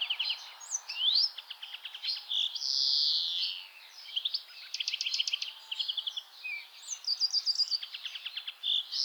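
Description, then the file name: European greenfinch song mixing fast rattling trills and a long drawn-out wheezy buzz, followed by more twittering rolls and slurred notes. "Chloris chloris"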